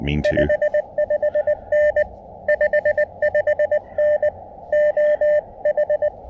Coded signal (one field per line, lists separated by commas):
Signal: Morse code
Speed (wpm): 21 wpm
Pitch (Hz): 590 Hz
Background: none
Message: 55N 55N O H